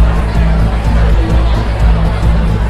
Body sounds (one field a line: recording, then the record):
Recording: background sound without coughing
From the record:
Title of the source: Party Noise 1 Hour Party Ambience